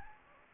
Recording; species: mosquito wingbeat signal from an infrared sensor; Anopheles gambiae